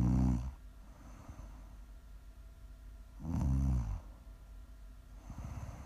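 ASMR snoring from an adult sleeper: low, rumbling snore bursts roughly every two to three seconds, the loudest near the middle, over soft breathing noise.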